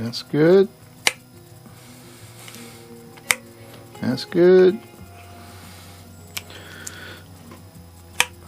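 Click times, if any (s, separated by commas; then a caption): 8.2 s. A torque wrench tightens a screw on the gasketed exhaust muffler or carburetor of a 1947 Johnson 5 hp TD-20 outboard motor being reassembled after paint, with the wrench set to seven inch-pounds. Someone talks while sharp metallic ticks sound through the clip. The wrench clicks at its setting at 8.2 s.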